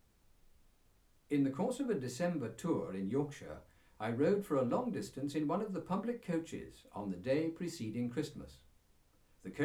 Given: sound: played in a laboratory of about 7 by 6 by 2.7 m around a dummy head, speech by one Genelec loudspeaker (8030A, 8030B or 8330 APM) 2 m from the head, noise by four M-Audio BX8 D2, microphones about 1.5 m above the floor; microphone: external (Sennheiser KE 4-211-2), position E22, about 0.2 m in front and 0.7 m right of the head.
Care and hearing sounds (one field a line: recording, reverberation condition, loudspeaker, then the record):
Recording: male speech in English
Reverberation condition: low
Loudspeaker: 60 degrees to the left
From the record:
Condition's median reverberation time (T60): about 310 ms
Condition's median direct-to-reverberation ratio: about 3.5 dB